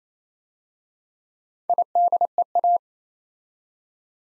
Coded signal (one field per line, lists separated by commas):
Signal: Morse code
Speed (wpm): 27 wpm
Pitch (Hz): 700 Hz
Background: none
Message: IDEA